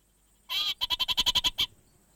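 Orange-fronted parakeet giving one harsh, buzzy note, then a rapid run of several clipped chattering notes, finishing with a single separate note.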